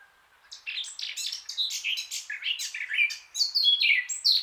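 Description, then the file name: Eurasian blackcap song: a lively mix of scratchy and whistled notes delivered rapidly. "Sylvia atricapilla"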